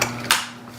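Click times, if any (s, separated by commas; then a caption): 0.3 s. The plastic battery compartment cover on a DEERC 9308E RC monster truck chassis is pressed on after the battery is placed. A faint tap comes at 0.0 s, then a sharp snap at 0.3 s as the cover clicks and locks in place. There is a steady low hum underneath.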